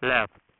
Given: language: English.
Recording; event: throat vibration sensor signal played as sound; speech